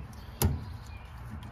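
On a 1995 Ford F150, the first plastic safety clip on a fuel line quick-connect fitting of the new fuel pump assembly is pressed down by hand. It snaps shut with one sharp click at 0.4 s, followed by quiet low hum. The clip is locked and counted as done.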